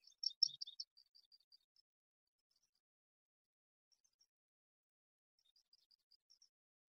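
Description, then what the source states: Yellow-rumped Warbler song: a quick high trill of sweet notes that fades off, then a quieter, softer run of high notes later, in otherwise near silence. Recording played on air; the song is described as having a trill.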